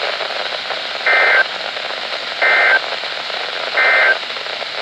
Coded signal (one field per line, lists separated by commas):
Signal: Emergency Alert System (SAME) tones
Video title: August 2017 EAS Compilation (EAS #581-623)